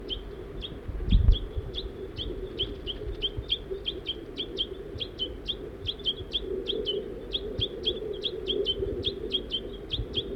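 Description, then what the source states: Crossbill calls, a fast steady series of sharp chips, sometimes paired, over low rumble and a brief knock early on. Female and juvenile crossbill, feeding.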